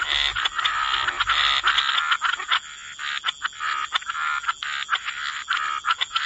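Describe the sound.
Frog chorus, dense overlapping croaks at first, then more separate croaks, with a faint low rumble early on.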